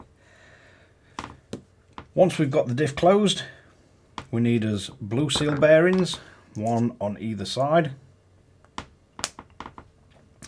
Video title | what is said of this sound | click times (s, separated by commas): Tamiya TRF 420x build parts 6 - 14 | they just snap into place and then you need the K1 parts | 8.8 s, 9.6 s